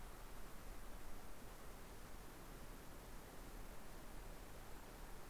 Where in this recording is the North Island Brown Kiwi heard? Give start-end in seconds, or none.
none